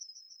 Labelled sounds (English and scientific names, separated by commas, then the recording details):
Yellowhammer (Emberiza citrinella) song
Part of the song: start
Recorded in the Czech Republic on 1 May 2015
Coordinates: 50.052, 16.163
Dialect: BE
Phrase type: B20
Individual ch005